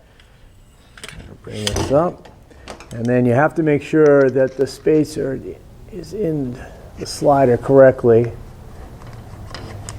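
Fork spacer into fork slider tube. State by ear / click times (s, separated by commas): seated / 9.9 s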